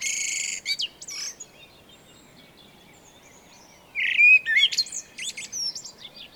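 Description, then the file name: Eurasian blackbird: a high squeaky twitter opens, a quiet pause follows, then a fluting whistled phrase ending in thin, high, scratchy notes. "Turdus merula"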